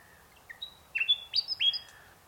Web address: Sound Effects-Foundation 1 BIRD UNKNOWN MAGROVES 05 SEQUENCE 01